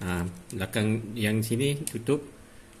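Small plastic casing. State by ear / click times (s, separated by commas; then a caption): not seated / none. A plastic cover half of a car keyless remote fob for a Myvi is handled after a new coin battery is fitted, with the casing being closed from the back first. Someone talks throughout, and the cover has not yet seated or clicked shut by the end of the clip.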